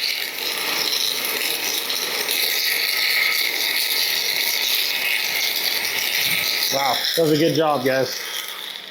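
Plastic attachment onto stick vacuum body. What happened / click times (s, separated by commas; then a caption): Handled, not yet home: the attachment has not clicked into place / none. A plastic attachment is handled while being switched out and pushed back onto a cordless stick vacuum body over a steady broadband whir, and someone talks near the end. A short ratchet-like cluster of hits is heard, but the attachment has not yet seated or clicked into place.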